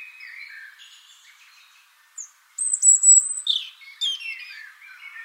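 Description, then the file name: European robin song: soft, lower warbles at first, then a loud run of thin, high whistled and trilled notes with sliding descending elements. "Erithacus rubecula"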